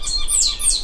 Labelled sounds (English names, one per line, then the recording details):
Stitchbird song
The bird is a male
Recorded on Tiritiri Matangi Island, New Zealand, in 2005
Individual 10, of nest box 12